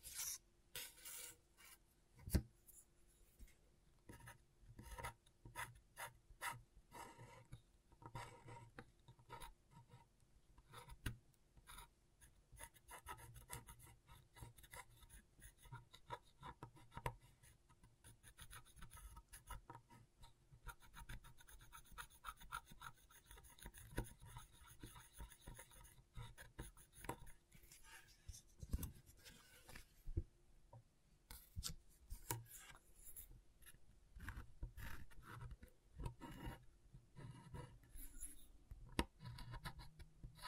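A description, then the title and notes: Scratchboard being worked, with quick, rasping scrapes and short strokes following one another almost without pause for the whole 40 seconds. The strokes are bright and gritty, briefly louder near the start and between about 27 and 37 seconds. A faint steady hum runs underneath. ASMR Brain Tingling Scratchboard (No Talking).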